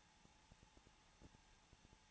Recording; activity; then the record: daily activity, microphone in the room; no activity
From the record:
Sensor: 1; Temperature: 20.2 degrees Celsius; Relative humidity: 35.7%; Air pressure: 994.5 hPa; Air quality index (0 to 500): 182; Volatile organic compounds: 7 ppm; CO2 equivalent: 1995 ppm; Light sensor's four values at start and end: 1/2/1/1 and 1/2/1/1